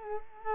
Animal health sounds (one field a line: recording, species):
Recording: mosquito wingbeat signal from an infrared sensor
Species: Culex quinquefasciatus